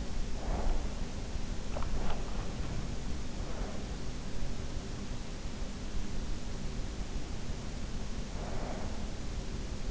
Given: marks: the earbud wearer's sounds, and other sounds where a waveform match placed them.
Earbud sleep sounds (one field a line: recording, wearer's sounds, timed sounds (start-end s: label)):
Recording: sounds in sleep by an in-ear microphone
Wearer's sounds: breath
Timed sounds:
0.00-1.19 s: breath